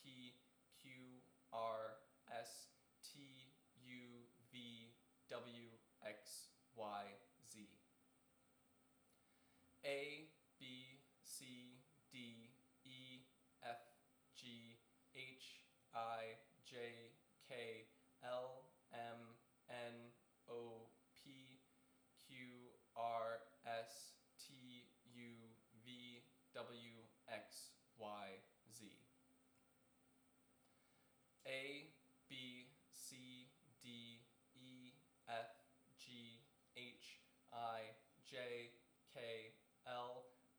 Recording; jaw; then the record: letters of the alphabet, spoken; free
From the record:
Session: seven days later